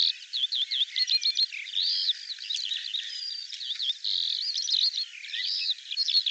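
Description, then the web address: Bird song in short bursts of rapid chirps, slurred whistles and buzzy trills, broken by brief pauses, high-pitched throughout. Dated 2025; audio cleaned and normalized. "cianscape birddata Deverinetal 2025 File cleaned normalized Bird Al Ar"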